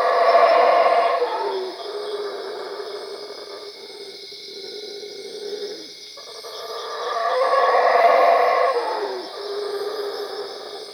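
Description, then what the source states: Howler monkey roars come in two loud bursts, one at the start and one around eight seconds, with quieter grumbling between and a steady high drone throughout. Cuevas.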